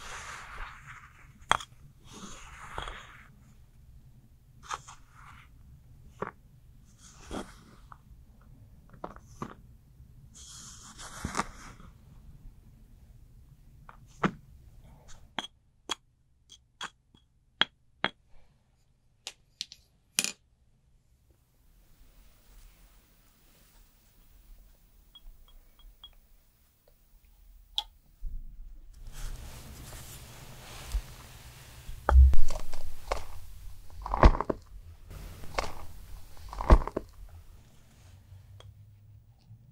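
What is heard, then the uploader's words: A skincare routine: sparse, crisp taps, clicks and soft handling noises of bottles and jars come every second or two over a low steady hum. After about 28 seconds it turns busier, with rustling, rubbing and a few heavier knocks near the end. ASMR Korean Special Skincare Routine for Winter (No Talking).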